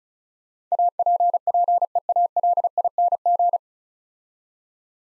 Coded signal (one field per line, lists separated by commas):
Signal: Morse code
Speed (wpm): 36 wpm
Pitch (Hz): 700 Hz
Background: none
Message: APPEALING